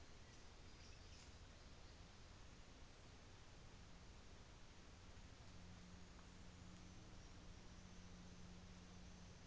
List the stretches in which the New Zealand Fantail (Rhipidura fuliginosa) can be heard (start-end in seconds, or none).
0.04-1.30